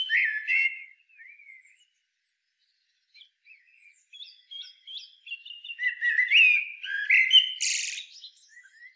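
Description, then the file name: Common blackbird singing: a loud fluty opening, scattered soft notes, then a run of warbled whistles ending in a sharp, squeaky chatter. "Turdus merula"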